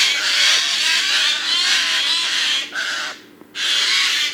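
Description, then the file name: Eurasian Jay producing loud, continuous rasping screeches that run together, broken by a brief pause before resuming, with a low steady hum underneath. "Garrulus glandarius"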